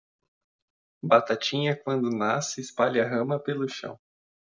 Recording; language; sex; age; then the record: short text; Brazilian Portuguese; male; 30 to 39 years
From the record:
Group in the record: control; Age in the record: 33 years